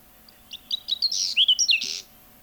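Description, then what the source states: Whinchat song: a single varied phrase of thin whistles, buzzy notes and a scratchy burst, building over about one and a half seconds. Finnish field recording cassette of cultural birds, released 1987.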